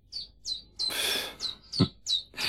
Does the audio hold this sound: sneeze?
no